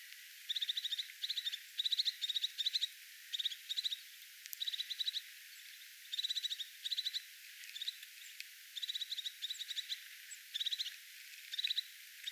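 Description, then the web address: Crested tit giving many buzzy, rolling trills in short bursts, with one sharp click partway through. Attention or alert calling, 6 January 2025. "paivat 6 1 2025 toyhtotiaisen ilm huomioaantelya"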